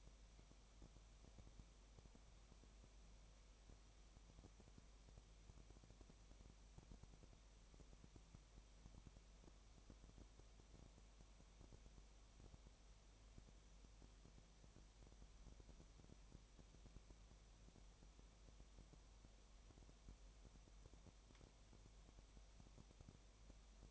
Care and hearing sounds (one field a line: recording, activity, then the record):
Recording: daily activity, microphone in the room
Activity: no activity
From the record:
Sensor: 1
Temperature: 19.7 degrees Celsius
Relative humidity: 37.0%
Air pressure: 1007.2 hPa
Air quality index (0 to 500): 144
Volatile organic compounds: 5 ppm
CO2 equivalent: 1762 ppm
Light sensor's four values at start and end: 1/2/1/1 and 1/2/1/1